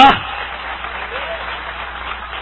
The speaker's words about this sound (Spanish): Si es para Dios, dale fuerte ese aplauso.